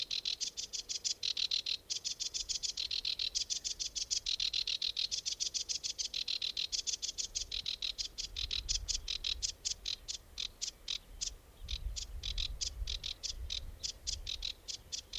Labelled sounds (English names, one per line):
Sedge Warbler song